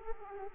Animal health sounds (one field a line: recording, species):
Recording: mosquito wingbeat signal from an infrared sensor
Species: Culex quinquefasciatus